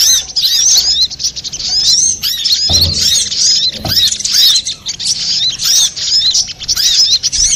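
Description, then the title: Little spiderhunter song of continuous high-pitched chattering chirps with looping notes, interrupted by two dull low thumps. Master recording for training cage birds. "Sogok Ontong Labaik"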